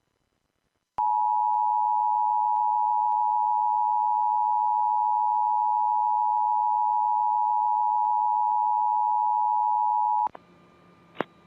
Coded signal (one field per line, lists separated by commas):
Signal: Emergency Alert System (SAME) tones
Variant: 853 and 960 Hz attention tone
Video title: EAS 3: Tornado Warning issued for El Paso, CO.